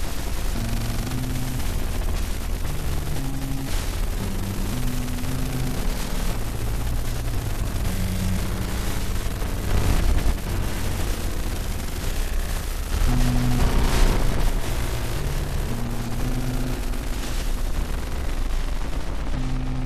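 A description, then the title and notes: Dense, harsh noise runs the whole time, chopped into rapid bursts by short on-off pulsing that forms a rough beat. Low tones step between pitches underneath, and louder crackling surges flare around the tenth and fourteenth seconds, like gunfire or blasts. SunVox randomized noise time. Noise generators run through short-duty-cycle square-wave LFOs to make a "beat." LFO frequencies controlled by Velocity2Ctl modules, which are each receiving random velocities from a dedicated MultiSynth and pattern.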